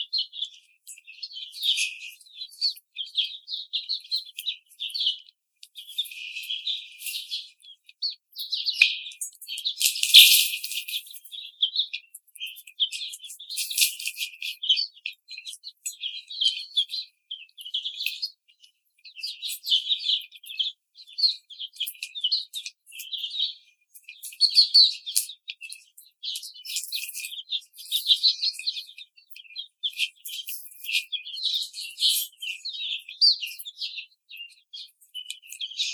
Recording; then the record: young laying hens in a cage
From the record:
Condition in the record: treatment cage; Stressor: simulated dog barking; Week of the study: 5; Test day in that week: 1